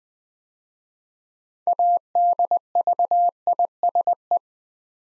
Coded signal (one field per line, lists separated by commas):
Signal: Morse code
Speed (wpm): 20 wpm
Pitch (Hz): 700 Hz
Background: none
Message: ADVISE